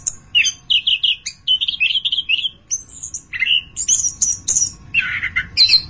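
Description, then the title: Thrush singing a lively, varied phrase with short repeated whistled notes, then buzzy and slurred high notes in quick succession. "burung anis"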